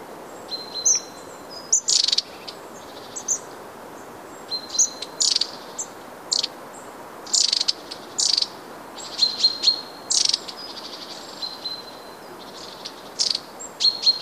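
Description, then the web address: Long-tailed tit calling busily: repeated dry buzzy 'tsrrr' bursts mixed with thin, level, very high 'see' notes and quick ticks, several calls every second or two. "wroblowe kolekcja raniuszek"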